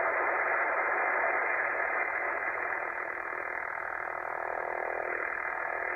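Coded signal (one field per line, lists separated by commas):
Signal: radar signal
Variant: over-the-horizon radar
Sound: steady harsh wideband rushing buzz filling the whole receiver passband for six seconds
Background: radio static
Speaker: Over the Horizon radar that's currently wipe it out a pretty big portion of the 40 meter band at my qth here in northern England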